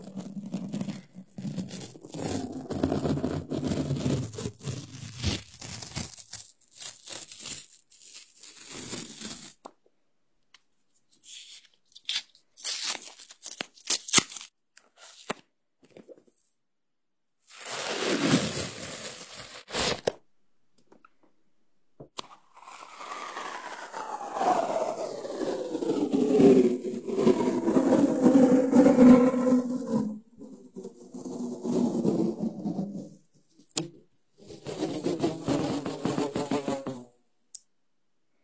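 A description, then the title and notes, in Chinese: Very sticky tape being pulled and peeled, with loud ripping screeches in bursts. A long rasping pull runs for the first ten seconds, short crackly tugs follow, then a sharp rip near eighteen seconds and a long wavering, squealing peel from about twenty-two to thirty-three seconds. 胶带超黏（呲啦声）。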